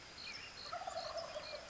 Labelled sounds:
Wild Turkey
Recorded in Sonoma County, California

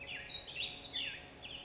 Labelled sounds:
Black-headed Grosbeak
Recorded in Sonoma County, California

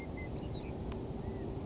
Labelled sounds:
California Quail
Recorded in Sonoma County, California

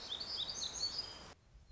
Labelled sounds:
Black-throated Gray Warbler
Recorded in Sonoma County, California

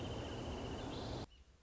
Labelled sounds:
Wrentit
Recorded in Sonoma County, California

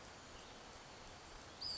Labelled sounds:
Western Flycatcher
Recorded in Sonoma County, California

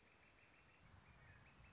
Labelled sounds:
Northern Flicker
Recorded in Sonoma County, California

